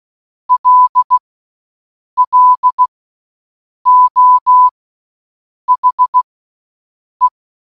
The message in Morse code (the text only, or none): LLO HE